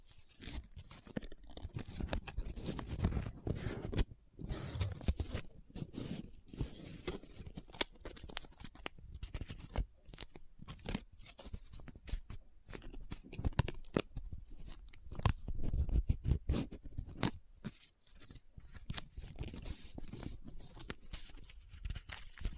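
Close-up paper being folded, rubbed and crinkled, a busy run of dry crackles and scratches that barely pauses for 23 seconds. Sharp snaps and rustles come in quick irregular clusters, with heavier, fuller handling around 2–4 and 15–17 seconds.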